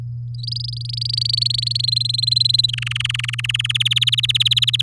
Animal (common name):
Domestic Canary